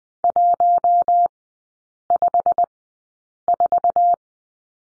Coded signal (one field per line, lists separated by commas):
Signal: Morse code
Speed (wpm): 20 wpm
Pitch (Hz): 700 Hz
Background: none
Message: 154